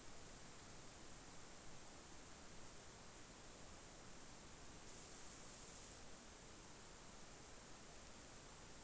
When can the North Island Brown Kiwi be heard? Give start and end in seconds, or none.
none